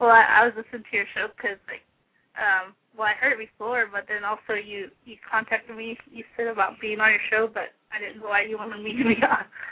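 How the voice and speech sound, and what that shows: One adult talks fluently in a casual conversational tone, with a mid-range voice, natural pauses and a single brief "um". The phone line gives the voice a thin, muffled quality. Speech is ordinary, with no evident voice, articulation or fluency problem.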